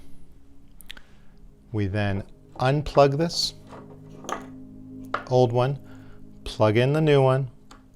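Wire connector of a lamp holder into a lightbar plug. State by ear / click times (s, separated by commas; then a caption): not seated / none. Someone talks while the old lamp holder's wire connector is unplugged and the new holder's wire connector is brought to the lightbar plug, with a few brief plastic handling taps between the words. The clip ends before the connector goes home, so nothing has clicked or seated yet.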